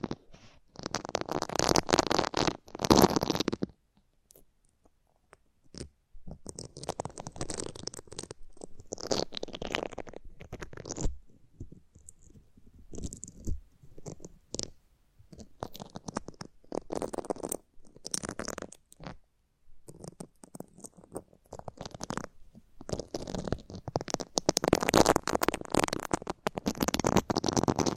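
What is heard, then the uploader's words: Fine touching and rubbing on an ear, heard as muffled, rustling friction in uneven bursts separated by short silences. The strokes are dense and scratchy, sometimes soft and low, and the strongest passages come at the start and over the last few seconds. Ultra-fine ear touch, immersive experience.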